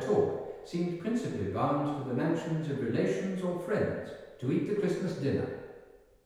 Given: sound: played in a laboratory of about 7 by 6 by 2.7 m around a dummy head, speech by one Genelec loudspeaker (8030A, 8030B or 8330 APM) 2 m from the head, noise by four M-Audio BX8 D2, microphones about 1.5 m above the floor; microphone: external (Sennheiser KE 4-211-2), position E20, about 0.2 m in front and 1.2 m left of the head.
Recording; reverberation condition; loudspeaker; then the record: male speech in English; high; 120 degrees to the right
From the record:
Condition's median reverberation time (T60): about 1300 ms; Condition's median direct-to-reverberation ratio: about -4.0 dB